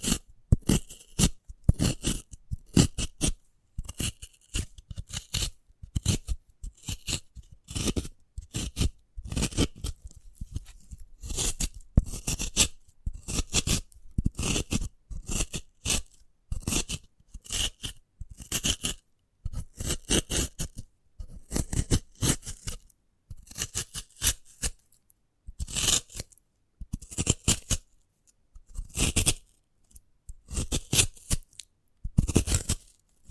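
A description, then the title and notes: ASMR sounds of a sprouted coconut being handled: a steady run of short, crisp cutting and scraping strokes, like scissors snipping through fibrous husk. The clicks and crunches come in quick irregular bursts with brief silent gaps, bright and full, continuing throughout. ASMR of a Sprouted Coconut (No Talking).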